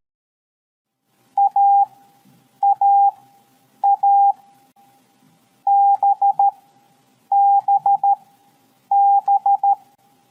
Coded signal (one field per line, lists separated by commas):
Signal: Morse code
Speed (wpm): 13 wpm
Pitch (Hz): 800 Hz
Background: none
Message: AAA BBB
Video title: 50. KOMUNIKASI - MORSE CODE #navy #psstldm #atm #tldm #navyreservist